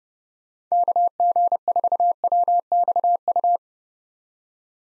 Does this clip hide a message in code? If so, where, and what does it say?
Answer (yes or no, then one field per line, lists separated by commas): yes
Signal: Morse code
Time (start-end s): 0.7-3.6 s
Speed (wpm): 30 wpm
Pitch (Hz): 700 Hz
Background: none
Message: KG4WXU